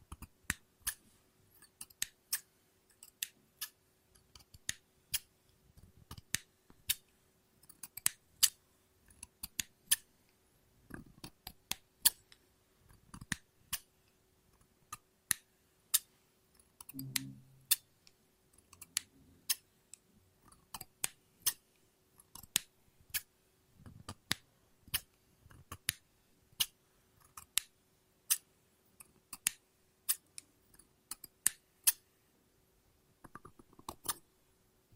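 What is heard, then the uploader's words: Scissors snip and cut paper in sharp, crisp clicks, irregular but frequent throughout, with a few duller low thumps between cuts. ASMR Scissors No Talking Snips and Cutting Paper.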